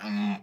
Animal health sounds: pig call; piglet (1 to 25 days)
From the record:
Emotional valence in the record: negative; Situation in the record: long isolation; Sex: female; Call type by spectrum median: low-frequency call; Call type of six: low-frequency stable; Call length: 0.42 s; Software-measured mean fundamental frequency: 102 Hz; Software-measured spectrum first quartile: 206 Hz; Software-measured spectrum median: 360 Hz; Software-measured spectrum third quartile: 1709 Hz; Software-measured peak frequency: 202 Hz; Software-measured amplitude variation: 82 dB a second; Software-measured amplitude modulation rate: 5.9 a second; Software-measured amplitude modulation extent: 13.8 dB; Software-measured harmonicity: 8.8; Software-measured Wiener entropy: -2.16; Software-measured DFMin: 759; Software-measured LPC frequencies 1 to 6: 1812, 2567, 3612, 4428, 5194, 6453 Hz

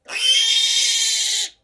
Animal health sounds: pig call; piglet (1 to 25 days)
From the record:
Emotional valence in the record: negative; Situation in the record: restrain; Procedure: back test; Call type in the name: high-frequency call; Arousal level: maximum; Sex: male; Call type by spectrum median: high-frequency call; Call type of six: high-frequency stable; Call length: 1.65 s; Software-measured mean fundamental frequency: 313 Hz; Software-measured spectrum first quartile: 3310 Hz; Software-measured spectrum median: 4259 Hz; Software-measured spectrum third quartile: 6467 Hz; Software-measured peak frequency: 3122 Hz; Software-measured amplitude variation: 134 dB a second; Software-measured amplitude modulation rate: 21.3 a second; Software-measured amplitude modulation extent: 6.3 dB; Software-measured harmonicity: 3.5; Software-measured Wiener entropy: -2.39

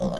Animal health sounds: pig call; piglet (1 to 25 days)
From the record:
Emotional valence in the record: negative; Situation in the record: long isolation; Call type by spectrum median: low-frequency call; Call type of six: low-frequency tonal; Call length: 0.20 s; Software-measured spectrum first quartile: 177 Hz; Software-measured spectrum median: 396 Hz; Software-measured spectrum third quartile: 658 Hz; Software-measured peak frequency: 186 Hz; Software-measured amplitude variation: 76 dB a second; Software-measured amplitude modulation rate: 17.6 a second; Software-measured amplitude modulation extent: 4.3 dB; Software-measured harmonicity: 4.3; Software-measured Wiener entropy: -0.65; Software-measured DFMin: 971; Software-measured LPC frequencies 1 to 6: 562, 3112, 3633, 5089, 5820, 7633 Hz

